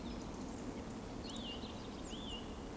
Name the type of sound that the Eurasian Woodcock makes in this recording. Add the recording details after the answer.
whistle. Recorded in Baden-Württemberg, Germany, on 23 June 2020 at 20:01 UTC. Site 14569, 102 m above sea level